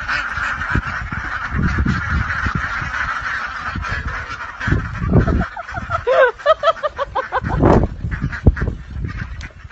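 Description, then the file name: Ducks give harsh nasal calls in a busy chorus, with a run of clear, repeated calls after the middle, over low rumbling noise. Ducks in winter. "Enten im Winter"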